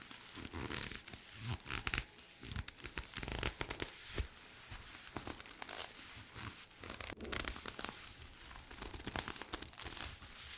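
Squeaky leather creaks and rubs in dense, irregular bursts, bright crackling squeaks clustering around two to four seconds and again near seven.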